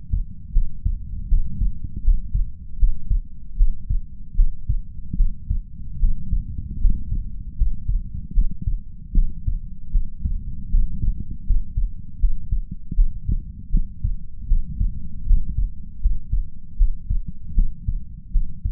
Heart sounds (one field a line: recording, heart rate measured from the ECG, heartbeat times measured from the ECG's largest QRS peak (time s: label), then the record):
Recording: heart sounds by stethoscope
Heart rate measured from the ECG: 78 bpm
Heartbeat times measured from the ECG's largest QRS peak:
0.52 s: heartbeat
1.27 s: heartbeat
2.02 s: heartbeat
2.77 s: heartbeat
3.55 s: heartbeat
4.34 s: heartbeat
5.15 s: heartbeat
5.98 s: heartbeat
6.79 s: heartbeat
7.55 s: heartbeat
8.32 s: heartbeat
9.12 s: heartbeat
9.90 s: heartbeat
10.69 s: heartbeat
11.44 s: heartbeat
12.18 s: heartbeat
12.94 s: heartbeat
13.69 s: heartbeat
14.46 s: heartbeat
15.25 s: heartbeat
16.00 s: heartbeat
16.76 s: heartbeat
17.53 s: heartbeat
18.31 s: heartbeat
From the record:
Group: healthy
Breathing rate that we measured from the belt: 14 breaths a minute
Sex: female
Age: 26 years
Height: 165 cm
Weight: 55 kg